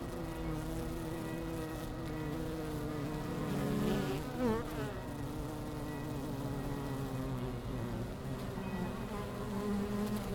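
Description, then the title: Honey bees humming steadily, layered wing-buzz tones with one bee passing close and wavering near the middle. Bees returning to the hives as the sun leaves them, beginning of October, Langel, Cologne, Germany; many have white backs from Himalayan balsam flowers. "Langel, Köln, Deutschland - Bienen Anfang Oktober"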